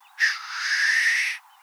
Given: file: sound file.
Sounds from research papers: a hissing call of male Black grouse from Scotland

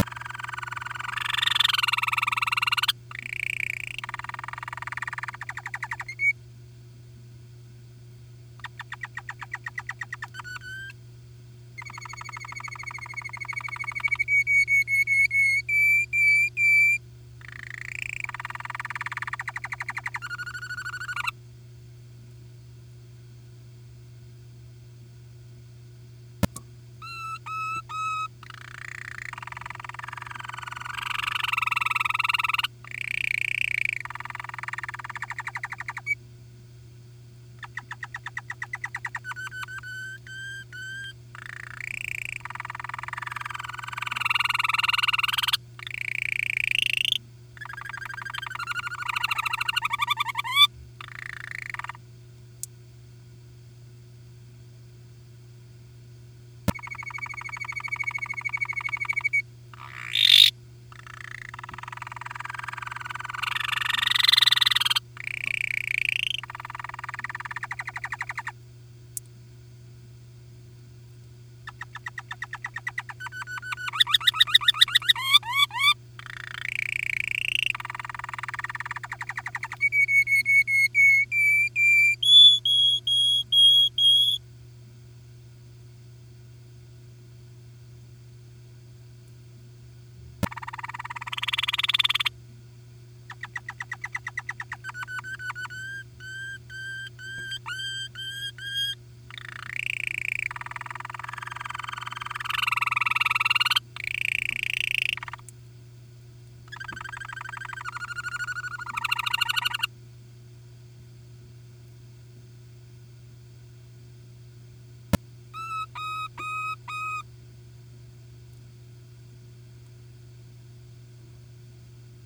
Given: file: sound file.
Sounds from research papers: Sample series of song bouts from a single canary.

